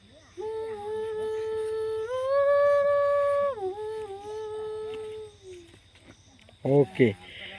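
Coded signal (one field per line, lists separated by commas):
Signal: whistled language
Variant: Kongthong jingrwai iawbei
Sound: a woman hums a long, held, slowly stepping tune with a rich voiced tone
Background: brief voice at end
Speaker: now she will sing her last youngest daughter. Okay,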